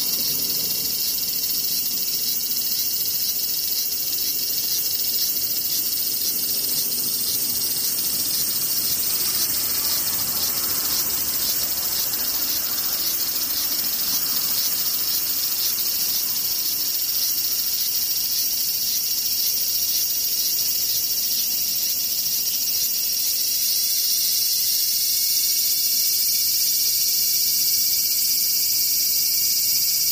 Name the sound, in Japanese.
セミ